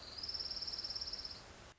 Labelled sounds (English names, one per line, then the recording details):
Orange-crowned Warbler
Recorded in Sonoma County, California